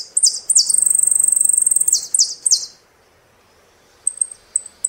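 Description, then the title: Saffron finch: a sustained rapid high trill with buzzy phrases at either end, a short pause, then a few sharp high chips. "Jilguero Argentino"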